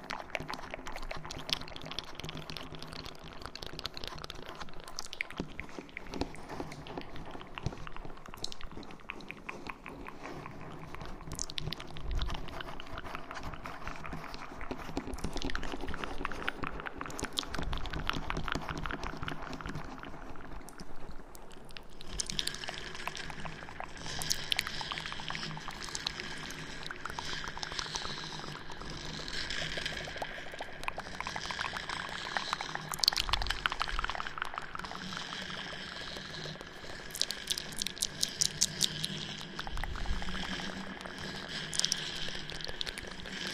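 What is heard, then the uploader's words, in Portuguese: Intense, aggressive scratching on a binaural microphone, dense and continuous, with rapid rough strokes and an echo trailing behind. Around the twenty-second mark the sound turns brighter and hissier, with sharper scraping bursts that recur through to the end. ASMR ARRANHANDO O 3DIO COM ECO. ASMR intenso e agressivo com muitos sons de scratching.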